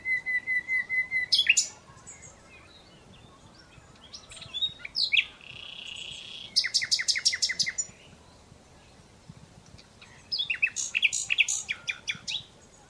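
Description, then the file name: Common Nightingale song, bursts of rapid repeated notes, sharp clicks and a drawn-out buzzy phrase, sung in separate phrases with short silent gaps between them. "Luscinia megarhynchos"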